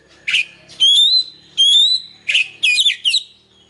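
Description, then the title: Oriental magpie-robin song: clear whistled notes, some long and slightly rising, interspersed with short chattering bursts. "Kacer"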